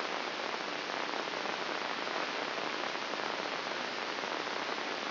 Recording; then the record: brain microelectrode recording played as sound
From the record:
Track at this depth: inside the subthalamic nucleus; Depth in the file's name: 4.663 mm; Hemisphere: left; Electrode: 3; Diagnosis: Parkinson's disease